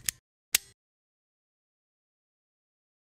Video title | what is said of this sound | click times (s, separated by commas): Arkray Vital Meter | Pull back on the set and disposal lever until you hear a click. | 0.5 s